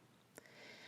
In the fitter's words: you can slide back over the blade snap in place and then you can place this inside of your drawer